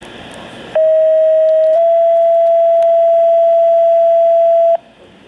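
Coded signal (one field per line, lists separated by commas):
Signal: two-tone page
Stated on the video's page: Pager test tones received on a Uniden BC75XLT scanner; the tones have been altered to prevent malicious use.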